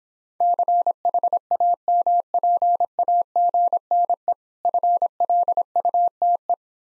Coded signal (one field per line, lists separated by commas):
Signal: Morse code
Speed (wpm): 26 wpm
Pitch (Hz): 700 Hz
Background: none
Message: CHAMPAGNE FLUTE